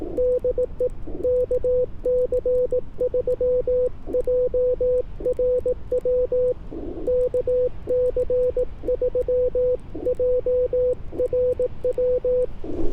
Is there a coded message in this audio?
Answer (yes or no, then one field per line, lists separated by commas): yes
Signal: Morse code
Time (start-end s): 0.2-12.5 s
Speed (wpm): 18 wpm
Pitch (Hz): 500 Hz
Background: radio noise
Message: DE KC3JRW KC3JRW